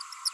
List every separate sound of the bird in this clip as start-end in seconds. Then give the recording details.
0.25-0.29. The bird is a female. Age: 29 days. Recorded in a nest box in Venezuela. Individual 17B42A4